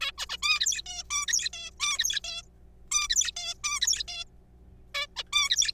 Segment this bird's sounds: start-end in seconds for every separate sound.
0.01-0.12, 0.18-0.26, 0.30-0.37, 0.43-0.82, 0.86-1.03, 1.11-1.26, 1.28-1.49, 1.53-1.70, 1.80-2.20, 2.24-2.42, 2.92-3.08, 3.10-3.31, 3.36-3.54, 3.64-3.80, 3.82-4.03, 4.08-4.25, 4.95-5.07, 5.16-5.23, 5.33-5.71